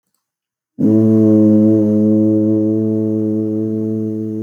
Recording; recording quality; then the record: sustained vowel as in boot; excellent, no background noise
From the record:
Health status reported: healthy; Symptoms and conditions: none ticked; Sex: male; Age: 20 years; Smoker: not ticked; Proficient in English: yes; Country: India